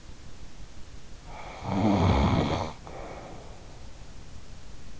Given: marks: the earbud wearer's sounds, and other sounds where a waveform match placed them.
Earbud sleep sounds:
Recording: sounds in sleep by an in-ear microphone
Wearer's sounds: snoring breath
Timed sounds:
1.18-3.87 s: snoring breath

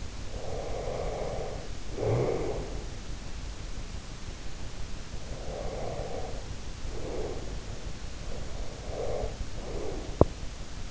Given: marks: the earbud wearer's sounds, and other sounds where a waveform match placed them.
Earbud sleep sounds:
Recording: sounds in sleep by an in-ear microphone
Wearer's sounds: snoring breath, breath, teeth grinding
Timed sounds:
0.00-3.26 s: snoring breath
5.15-7.99 s: breath
8.34-10.91 s: breath
10.06-10.41 s: teeth grinding

